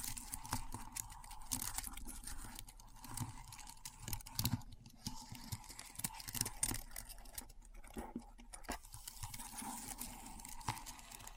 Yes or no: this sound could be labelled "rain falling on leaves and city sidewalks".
no